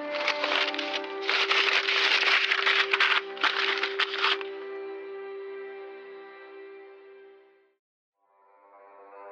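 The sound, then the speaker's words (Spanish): Crisp bursts of paper tearing and rustling as a yellowed, wax-sealed envelope is ripped open, over a sustained musical drone that lingers alone after the tearing stops, briefly fades out, then resumes. “Abrir un sobre amarillento por el paso de lo que no existe, aunque lacrado denota un secreto o una historia bien guardada.”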